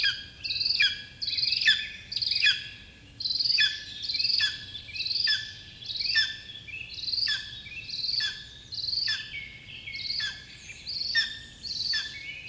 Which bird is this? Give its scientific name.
Aquila pomarina